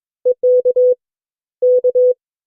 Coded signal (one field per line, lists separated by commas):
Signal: Morse code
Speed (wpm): 22 wpm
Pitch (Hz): 500 Hz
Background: none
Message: EK K